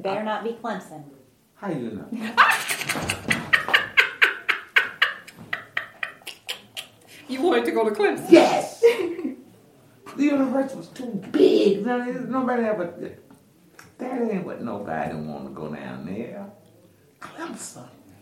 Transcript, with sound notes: …Better not be Clemson….
How did you know?
(laughter) You wanted to go to Clemson?
Yes! The university was too big. There’s nobody I would–that ain’t what nobody want, to go down there…Clemson!